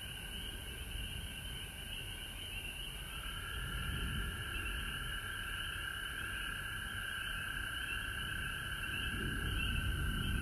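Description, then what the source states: Frogs in full chorus, continuous overlapping trills at two pitches, while a low rumbling noise swells and grows louder toward the end. Recorded at home in Georgia on March 19, 2020.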